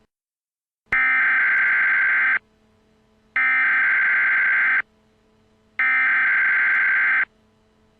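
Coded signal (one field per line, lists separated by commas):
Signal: Emergency Alert System (SAME) tones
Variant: header bursts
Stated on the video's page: Fictional zombie EAS scenario.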